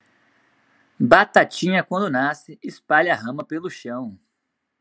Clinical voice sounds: short text; Brazilian Portuguese; male; 20 to 29 years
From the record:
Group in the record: control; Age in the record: 24 years

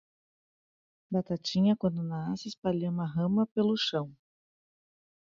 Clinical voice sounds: short text; Brazilian Portuguese; female; 40 to 49 years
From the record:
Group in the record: control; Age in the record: 42 years

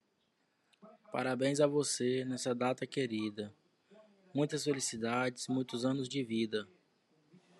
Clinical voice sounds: short text; Brazilian Portuguese; male; 30 to 39 years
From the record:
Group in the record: control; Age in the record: 30 years

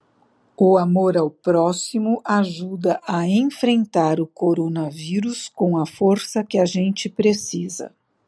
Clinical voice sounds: spoken sentence; Brazilian Portuguese; female; 60 to 69 years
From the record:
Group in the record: control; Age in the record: 61 years

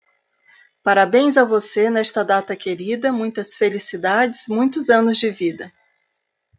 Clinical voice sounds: short text; Brazilian Portuguese; female; 60 to 69 years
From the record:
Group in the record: control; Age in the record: 60 years

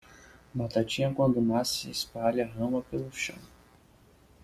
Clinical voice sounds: short text; Brazilian Portuguese; male; 20 to 29 years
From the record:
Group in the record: control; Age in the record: 25 years

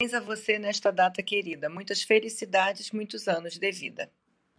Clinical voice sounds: short text; Brazilian Portuguese; female; 50 to 59 years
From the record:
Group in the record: control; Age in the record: 54 years

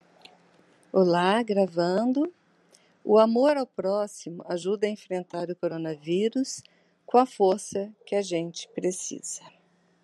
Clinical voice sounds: spoken sentence; Brazilian Portuguese; female; 50 to 59 years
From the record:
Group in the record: control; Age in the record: 58 years

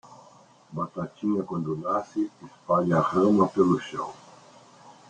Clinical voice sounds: short text; Brazilian Portuguese; male; 60 to 69 years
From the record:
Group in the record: control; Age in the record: 61 years

